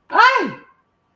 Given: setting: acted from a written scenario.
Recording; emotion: vocal sound without words; negative surprise